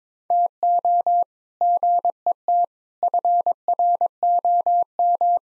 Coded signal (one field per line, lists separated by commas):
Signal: Morse code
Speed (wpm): 22 wpm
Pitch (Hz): 700 Hz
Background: none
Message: TO GET FROM